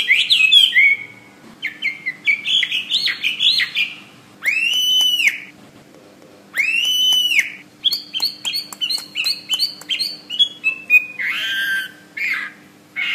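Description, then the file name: Hwamei with a long, varied song: quick whistled runs, two drawn-out arching notes with pauses, then rapid repeated clipped whistles and a warbled ending. "omkicau hwamey"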